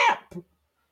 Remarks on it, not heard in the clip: My dad sneezing he sounds like he's having a fucking heart attack.